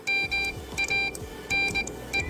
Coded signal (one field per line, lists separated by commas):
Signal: Morse code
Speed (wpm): 19 wpm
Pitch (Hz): 2350 Hz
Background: music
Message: MANE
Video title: The joy of Hamradio